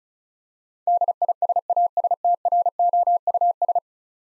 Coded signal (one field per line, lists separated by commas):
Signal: Morse code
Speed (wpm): 36 wpm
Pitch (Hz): 700 Hz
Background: none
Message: DISASTROUS